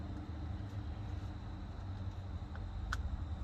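On a Farmall Super C tractor, a spark plug wire boot is pushed back onto the spark plug terminal on a second try after an unsatisfying first attempt. Against a steady low rumble, a faint tick comes at 2.6 s, then a sharp snap at 2.9 s as the boot seats home.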